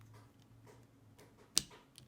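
The inner tensioning adjuster on the core of a Dayan TengYun V2 M magnetic speed cube is pushed down and turned after an earlier try failed to click. A few faint ticks lead to one loud, sharp click at 1.6 s, followed by a softer tick. The setting clicks into place and is seated.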